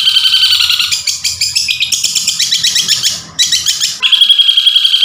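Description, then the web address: Long-tailed shrike song of dense scratchy phrases, shifting between buzzy tones and rapid rattles, with a brief pause before a final buzzy trill. Masteran (training recording) of cendet song. "masteran cendet"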